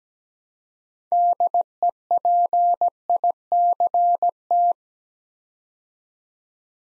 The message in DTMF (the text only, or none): none